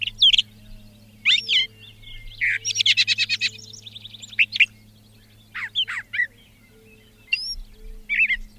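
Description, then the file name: Brown thrasher song: varied phrases, some doubled, mixing whistled slurs, buzzy trills and rapid clicking notes, separated by short pauses; faint low hum underneath. "suara kicauan brown thraser. omkicau"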